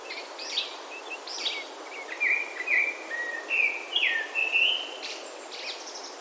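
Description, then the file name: Japanese thrush song: clear, fluting whistled phrases, some sliding and some level, given in a quick varied string, with softer chirps at the start and the end. "kurotsu"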